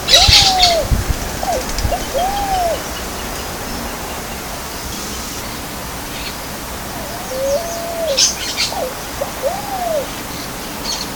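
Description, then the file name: Bare-eyed pigeon calling in two phrases of arched, mellow tonal notes, each phrase a short series of rising-then-falling coos, with brief high chirps from other birds. Recorded at Bubali, Aruba, on 15 November 2012. "Patagioenas-corensis-Bubali-Aruba-15-11-12-ASilveira"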